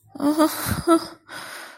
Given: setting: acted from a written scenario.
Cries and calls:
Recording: vocal sound without words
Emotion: sadness

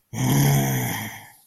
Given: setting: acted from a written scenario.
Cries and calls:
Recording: vocal sound without words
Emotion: anger

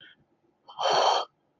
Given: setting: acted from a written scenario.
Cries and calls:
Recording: vocal sound without words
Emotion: relief

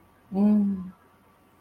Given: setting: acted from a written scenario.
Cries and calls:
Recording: vocal sound without words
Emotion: guilt

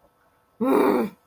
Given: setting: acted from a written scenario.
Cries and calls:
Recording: vocal sound without words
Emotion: anger

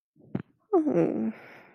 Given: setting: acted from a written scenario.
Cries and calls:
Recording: vocal sound without words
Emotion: elation

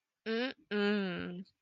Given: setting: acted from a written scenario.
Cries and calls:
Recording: vocal sound without words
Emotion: serenity

